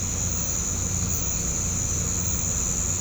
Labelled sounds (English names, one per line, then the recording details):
none
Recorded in pastures near Puerto Asís, Putumayo, Colombia, on 18 December 2024 at 05:30
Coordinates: 0.505, -76.324
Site G063